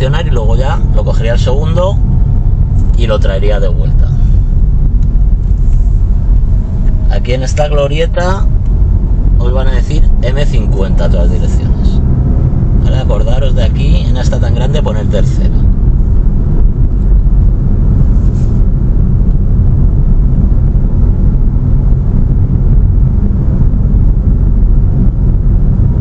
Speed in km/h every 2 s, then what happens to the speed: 25, 24, 22, 20, 27, 36, 36, 38, 38, 38, 38, 38, 38.
0-6 steady at about 22. 6-10 speeds up to 36. 10-26 steady at about 38.